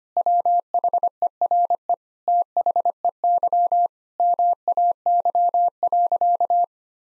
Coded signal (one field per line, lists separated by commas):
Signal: Morse code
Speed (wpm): 25 wpm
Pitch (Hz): 700 Hz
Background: none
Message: WHERE THEY MAY.